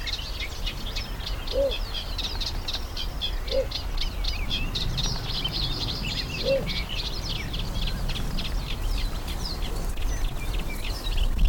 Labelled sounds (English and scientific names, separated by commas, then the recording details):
Little Bittern (Ixobrychus minutus) call
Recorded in the wild
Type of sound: call
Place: Karower Teiche, Naturpark Barnim, Berlin, DE
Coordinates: 52.62, 13.46
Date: 1995-06-05 11:52
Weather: sonnig, 18°C
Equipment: Sony WM-D6C, Sennheiser ME 80, Kopie Uher 4000 Report Monitor
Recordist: Tembrock, Günter
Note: Territorialrufe im Schilf (nicht gesehen) - kurz